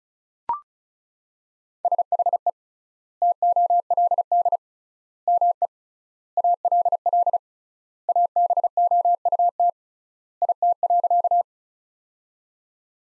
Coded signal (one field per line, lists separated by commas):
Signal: Morse code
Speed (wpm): 34 wpm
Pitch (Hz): 700 Hz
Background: none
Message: SHE TOLD ME ALL ABOUT IT.